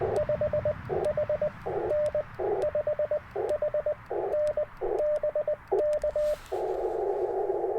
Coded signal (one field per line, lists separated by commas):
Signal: Morse code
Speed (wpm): 20 wpm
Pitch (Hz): 590 Hz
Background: radio noise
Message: 5HN 5HN BK